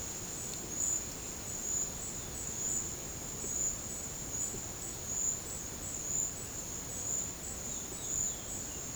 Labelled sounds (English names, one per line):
none